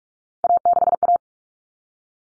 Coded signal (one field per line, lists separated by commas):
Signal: Morse code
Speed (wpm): 44 wpm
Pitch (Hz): 700 Hz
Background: none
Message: A6A